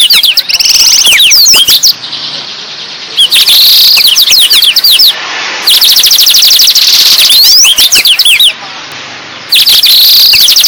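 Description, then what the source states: Blackthroat singing: rapid high trills and sweeping whistles in very loud, dense bursts separated by a few short pauses. Described as gacor, an Indonesian term for a bird singing actively and continuously.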